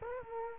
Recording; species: mosquito wingbeat signal from an infrared sensor; Culex quinquefasciatus